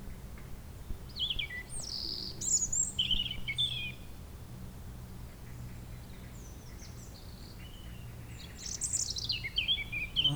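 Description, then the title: European robin singing high, liquid warbling phrases that tumble and slide, a pause in the middle, then another burst, with a faint low hum beneath. Sung at sunset on the shore of Lac du Bourget near Brison-Saint-Innocent, France, with the nearby road closed to traffic and calm restored. "28 Chem. de la Chapelle, Brison-Saint-Innocent, France - rouge-gorge."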